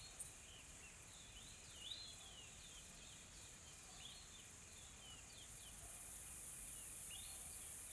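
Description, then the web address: High insect buzzing runs without a break, overlaid by frequent short, rising bird chirps and a couple of faint clicks early on. Calm, soft insect sounds in a tropical forest in South Africa. "Smart Sound FX - Nature South Africa AMBIENCE Additional Tropical Forest Soft Insects Calm"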